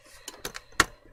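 After earlier failed tries, a damaged plastic cover or door part for a console is pushed again into the console housing. A few softer clicks at 0.3, 0.5 and 0.6 s are followed by one loud, sharp snap at 0.8 s as the clip locks into place and the cover seats.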